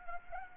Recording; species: mosquito wingbeat signal from an infrared sensor; Anopheles arabiensis